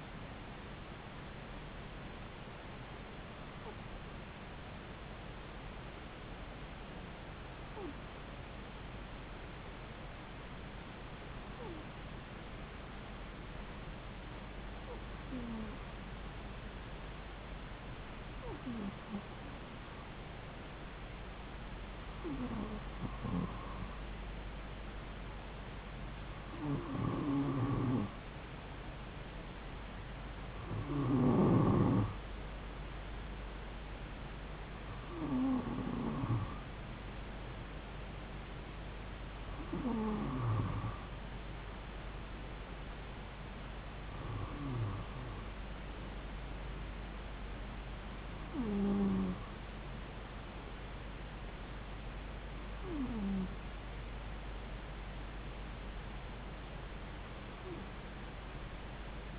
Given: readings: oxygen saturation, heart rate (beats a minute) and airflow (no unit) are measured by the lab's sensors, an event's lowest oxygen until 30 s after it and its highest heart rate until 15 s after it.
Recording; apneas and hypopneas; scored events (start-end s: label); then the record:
breathing in sleep by a voice recorder at the bedside; 1
4.00-28.40 s: hypopnea (N1, oxygen 96% highest, then 92% lowest)
13.00-59.39 s: new sleep stage, N2 (light sleep)
From the record:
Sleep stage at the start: N1 (lightest sleep); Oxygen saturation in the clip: 92 to 96%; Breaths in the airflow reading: 14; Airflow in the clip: -3.2 to 3.2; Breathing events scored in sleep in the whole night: 270 in 6.1 hours asleep